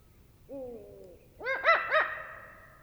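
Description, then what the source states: Eurasian eagle-owl calls: a brief, softly falling nasal note, then a rapid burst of three harsh, rasping cackling notes over a quiet background. Female giving "devil's cackles".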